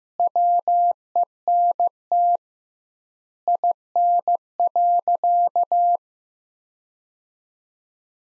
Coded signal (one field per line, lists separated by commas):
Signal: Morse code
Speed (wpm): 15 wpm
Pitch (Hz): 700 Hz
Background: none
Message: WENT IN.